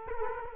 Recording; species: mosquito wingbeat signal from an infrared sensor; Culex quinquefasciatus